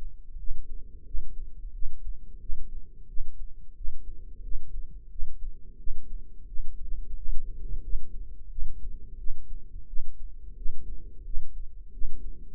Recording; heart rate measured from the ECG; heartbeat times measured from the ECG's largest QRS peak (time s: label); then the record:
heart sounds by microphone in the right ear; 88 bpm
0.38 s: heartbeat
1.06 s: heartbeat
1.73 s: heartbeat
2.40 s: heartbeat
3.08 s: heartbeat
3.75 s: heartbeat
4.43 s: heartbeat
5.10 s: heartbeat
5.78 s: heartbeat
6.47 s: heartbeat
7.16 s: heartbeat
7.82 s: heartbeat
8.50 s: heartbeat
9.18 s: heartbeat
9.87 s: heartbeat
10.57 s: heartbeat
11.25 s: heartbeat
11.92 s: heartbeat
From the record:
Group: healthy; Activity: rest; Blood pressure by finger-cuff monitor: 117/66 mmHg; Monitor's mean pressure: 81 mmHg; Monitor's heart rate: 88 bpm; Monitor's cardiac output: 6.8 L/min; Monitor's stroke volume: 77 mL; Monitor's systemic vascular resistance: 880 dyn s/cm5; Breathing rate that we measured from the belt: 18 breaths a minute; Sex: female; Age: 43 years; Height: 160 cm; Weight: 90 kg